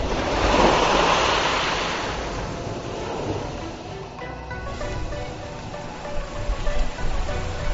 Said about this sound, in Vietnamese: đất trời hợp thành một, nước biển bắt đầu dâng lên.